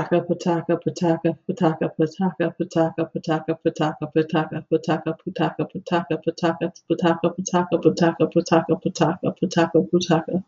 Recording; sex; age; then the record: repeated syllables /pa ta ka/; female; 40 to 49 years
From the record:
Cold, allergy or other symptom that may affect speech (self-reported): no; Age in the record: 41 years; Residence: Florida, United States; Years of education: 16